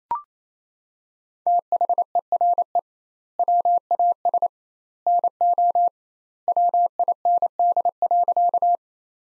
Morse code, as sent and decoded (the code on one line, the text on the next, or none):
- .... . .-. . / .-- .- ... / -. --- / .-- .. -. -.. .-.-.-
THERE WAS NO WIND.